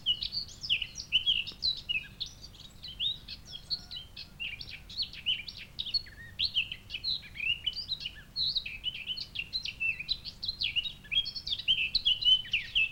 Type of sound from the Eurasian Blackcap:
song